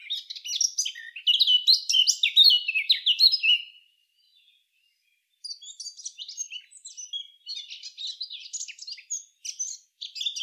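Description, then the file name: Eurasian blackcap warbling song: a loud jumbled phrase, a pause of over a second, then a quieter run of rapid twittering notes. "Sylvia atricapilla"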